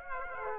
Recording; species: mosquito wingbeat signal from an infrared sensor; Aedes aegypti